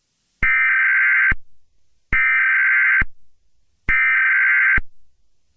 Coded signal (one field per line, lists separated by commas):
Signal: Emergency Alert System (SAME) tones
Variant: header bursts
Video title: EAS Scenario 12: Barney error the traitor!!